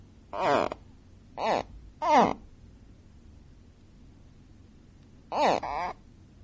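Gharial calls: three short harmonic calls with sweeping, curved tones, a long gap, then a doubled call, over a quiet background.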